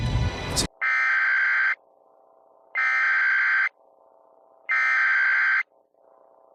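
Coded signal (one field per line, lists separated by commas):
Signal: Emergency Alert System (SAME) tones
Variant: header bursts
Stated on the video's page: Simulated EAS scenario.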